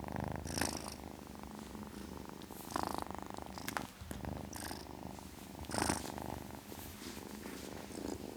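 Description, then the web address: Domestic cat purring in a steady low rumble, with a few brief rustling sounds. Ten-week-old kitten, purring. "BBC Sound Effects Library. Ten Week Old Kitten, Purring"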